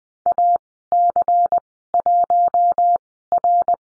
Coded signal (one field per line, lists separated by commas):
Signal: Morse code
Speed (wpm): 20 wpm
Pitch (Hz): 700 Hz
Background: none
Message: AC1R